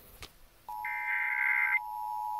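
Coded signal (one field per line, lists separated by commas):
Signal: Emergency Alert System (SAME) tones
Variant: header bursts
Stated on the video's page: Required monthly test on WCCO-AM/HD, KNOW-FM and KTCZ-FM.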